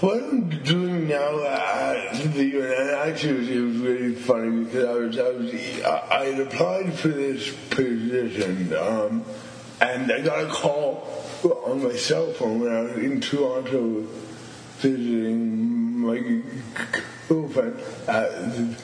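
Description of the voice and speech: Adult man, 29, who stutters and also has cerebral palsy, speaking with a phrase repetition, stretched sounds and slurred words: stuttering.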